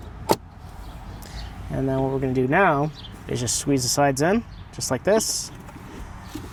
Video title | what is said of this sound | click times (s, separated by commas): DIY 2019 2020 2021 2022 2023 Honda Passport - Replacing Cabin Air Filter | Push it until they click in. | 0.3 s